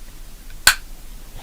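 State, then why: Seated. During reassembly of a Browning 1911-22 rimfire pistol, the takedown lever is rotated around under spring tension into the slide assembly. A single sharp, bright snap sounds at 0.7 s over a quiet background as the lever pops into its correct position, fully seated.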